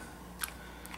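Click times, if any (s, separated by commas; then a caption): none. A standard battery pack with tongue-and-groove rails is being slid into the battery bay on the underside of an ASUS U31SD-AH31 laptop. Short, faint plastic ticks and scrapes over a low steady hum are heard, the sharpest at about 0.4 s, with small ones near 0.5 s and 0.9–1.0 s. The pack is still being handled and has not seated or clicked into place yet.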